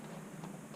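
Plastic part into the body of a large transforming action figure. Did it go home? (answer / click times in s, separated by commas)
no / none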